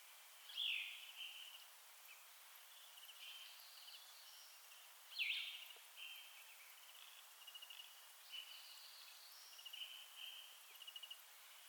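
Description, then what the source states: Northern flicker giving two loud, sharp, downslurred calls several seconds apart, with softer chattering notes between them over faint background hiss. Subspecies Colaptes auratus collaris.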